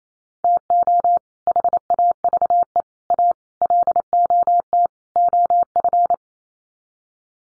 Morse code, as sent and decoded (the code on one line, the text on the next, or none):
- --- / .... .- ...- . / .- / .-.. --- - / --- ..-.
TO HAVE A LOT OF